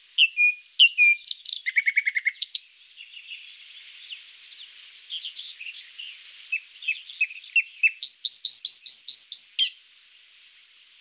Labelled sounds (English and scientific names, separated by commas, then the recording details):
Common Nightingale (Luscinia megarhynchos) song
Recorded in the wild
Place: Tahtakaraca-Pass 1788 m (Alexanderpass), UZ
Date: 2001-05-22
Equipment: MiniDisc Sharp MT 20 H
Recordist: Schwarz, Dieter